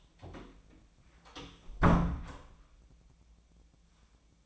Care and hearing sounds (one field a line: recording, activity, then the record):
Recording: daily activity, microphone in the room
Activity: close door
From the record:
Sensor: 1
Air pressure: 1009.2 hPa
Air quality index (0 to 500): 190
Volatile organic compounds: 4 ppm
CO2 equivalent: 1600 ppm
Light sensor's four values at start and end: 35/94/38/45 and 34/92/38/44